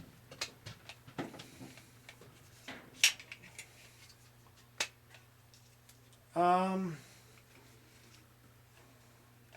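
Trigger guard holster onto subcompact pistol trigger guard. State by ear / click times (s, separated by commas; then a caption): not seated / none. A Raven Vanguard 2 trigger-guard holster is pressed onto the trigger guard of a Glock 36 subcompact pistol, producing a series of small plastic knocks and taps near 0.4, 0.9, 1.2, 3.0 (the loudest), 3.3 and 4.8 seconds, while someone talks briefly. The holster fits snugly, but nothing has clicked or seated yet.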